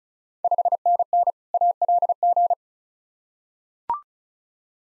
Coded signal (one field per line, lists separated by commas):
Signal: Morse code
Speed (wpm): 34 wpm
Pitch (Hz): 700 Hz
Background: none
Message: 5NN ALG